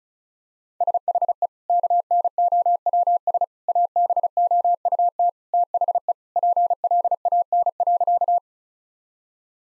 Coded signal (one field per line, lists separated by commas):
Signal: Morse code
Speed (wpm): 36 wpm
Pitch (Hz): 700 Hz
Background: none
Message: SHE KNOWS ABOUT THE PLAN.